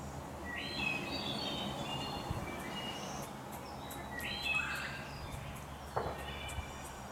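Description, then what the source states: Blue jay begging calls, raspy buzzy notes repeated irregularly, two louder bursts, with sharp ticks and a low background hum. Fledglings.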